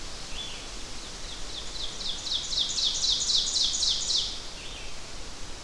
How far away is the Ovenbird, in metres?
about 30 m